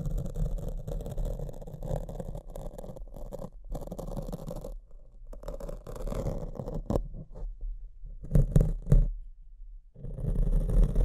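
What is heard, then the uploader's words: Mic scratching: rough, rubbing scrapes and thumps crowd the low end in dense bursts for most of the first five seconds. After a near-silent gap the scraping returns unevenly, with a few sharp knocks around eight to nine seconds, then resumes heavily near the end. ASMR Brain Melting Mic Scratching (No Talking).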